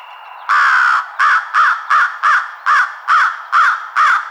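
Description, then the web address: American Crow calling a rapid series of nine harsh caws, one longer opening caw followed by shorter ones. Recorded 31 March 2007. "American Crow 2007 03 31"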